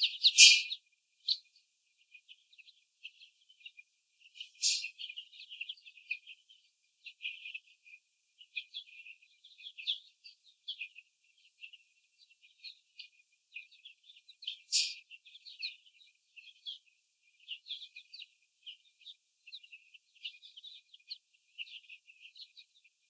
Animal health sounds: young laying hens in a cage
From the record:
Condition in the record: after the stressor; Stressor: sudden umbrella opening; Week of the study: 3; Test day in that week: 2

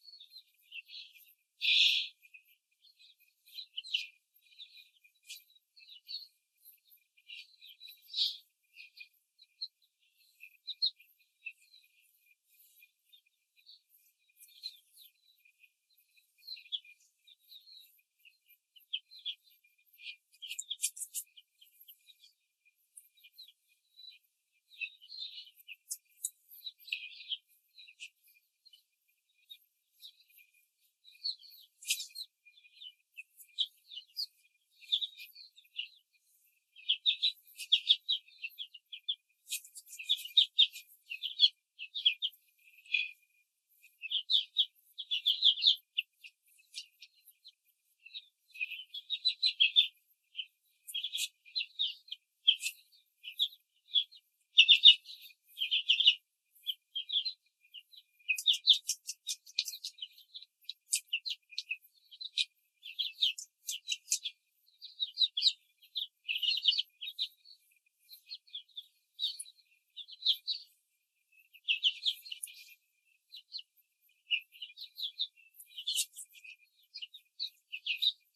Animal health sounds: young laying hens in a cage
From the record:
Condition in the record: control cage, before the stress test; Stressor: none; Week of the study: 4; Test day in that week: 1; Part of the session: 1

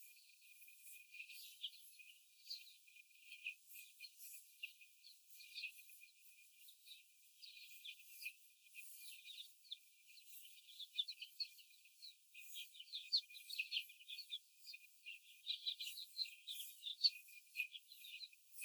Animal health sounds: young laying hens in a cage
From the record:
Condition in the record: after the stressor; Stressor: simulated dog barking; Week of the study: 4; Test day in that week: 1

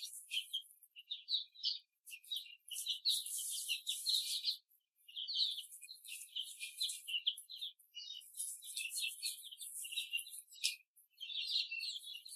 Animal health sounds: young laying hens in a cage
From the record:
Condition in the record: before the stressor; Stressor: simulated dog barking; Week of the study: 3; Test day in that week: 1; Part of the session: 2

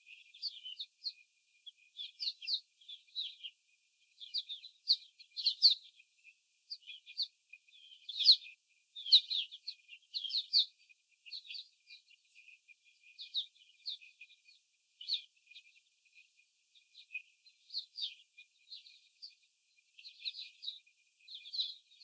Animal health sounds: young laying hens in a cage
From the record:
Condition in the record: after the stressor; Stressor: simulated dog barking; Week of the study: 4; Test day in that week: 3

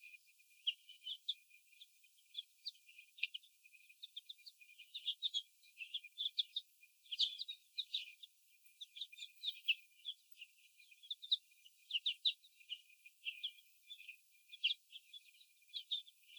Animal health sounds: young laying hens in a cage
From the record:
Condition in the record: after the stressor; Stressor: sudden umbrella opening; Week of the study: 2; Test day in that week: 1

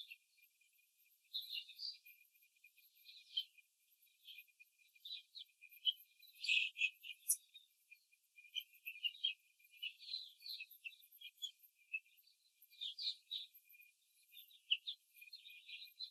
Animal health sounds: young laying hens in a cage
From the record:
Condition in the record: control cage, before the stress test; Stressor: none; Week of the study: 4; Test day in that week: 3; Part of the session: 1

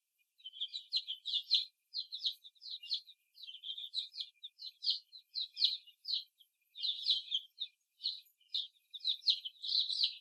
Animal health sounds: young laying hens in a cage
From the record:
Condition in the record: before the stressor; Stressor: simulated dog barking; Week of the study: 1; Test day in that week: 2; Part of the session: 3

